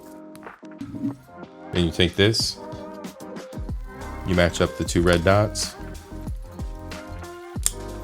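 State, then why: Seated. An 85 mm legacy lens is lined up with a lens adapter ring by matching its two red dots, then twisted on until it snaps into place. Someone talks over background music, with a few soft clinks before one sharp click at 7.7 s as the lens seats onto the adapter.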